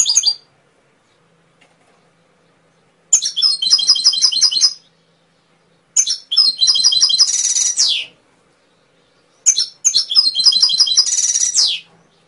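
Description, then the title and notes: Atlantic canary song: three long phrases of quick repeated chirpy syllables, the last two ending in a buzzy high rattle, with pauses between. Canary song, used as masteran training audio for songbirds. "PANCINGAN SUARA MASTERAN KENARI. masteran kicau kenari"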